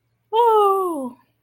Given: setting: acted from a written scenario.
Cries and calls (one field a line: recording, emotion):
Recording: vocal sound without words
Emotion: triumph